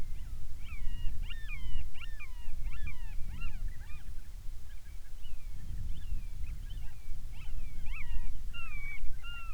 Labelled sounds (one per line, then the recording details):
bird
wind
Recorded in the Arctic National Wildlife Refuge, Alaska, on 10 July 2019 at 18:49
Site 44